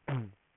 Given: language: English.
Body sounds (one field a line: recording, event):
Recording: throat vibration sensor signal played as sound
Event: throat clearing